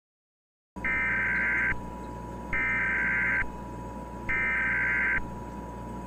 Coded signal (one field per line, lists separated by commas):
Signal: Emergency Alert System (SAME) tones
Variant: header bursts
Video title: EAS Scenario: Federal Takeover